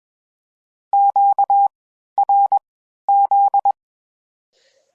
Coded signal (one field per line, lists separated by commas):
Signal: Morse code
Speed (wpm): 21 wpm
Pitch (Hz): 800 Hz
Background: none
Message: QRZ